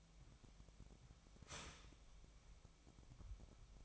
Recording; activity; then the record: daily activity, microphone in the room; start toaster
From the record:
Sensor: 1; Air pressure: 1002.0 hPa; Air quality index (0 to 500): 239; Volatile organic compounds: 43 ppm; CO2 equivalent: 3197 ppm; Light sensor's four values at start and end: 10/35/13/14 and 10/35/13/15